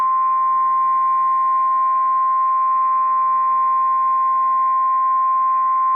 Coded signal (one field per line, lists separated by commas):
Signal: Emergency Alert System (SAME) tones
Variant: 1050 Hz attention tone